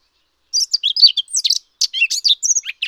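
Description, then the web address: Eurasian blackcap song, a fast rush of varied twittering and warbled notes after a half-second pause, ending in a few sharper descending phrases. "birdify. sylvia atricapilla"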